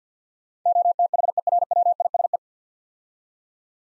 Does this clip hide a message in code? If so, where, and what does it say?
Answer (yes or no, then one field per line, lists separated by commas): yes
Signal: Morse code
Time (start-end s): 0.7-2.4 s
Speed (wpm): 50 wpm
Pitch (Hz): 700 Hz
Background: none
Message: OTHERWISE